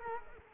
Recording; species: mosquito wingbeat signal from an infrared sensor; Culex quinquefasciatus